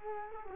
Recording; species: mosquito wingbeat signal from an infrared sensor; Culex quinquefasciatus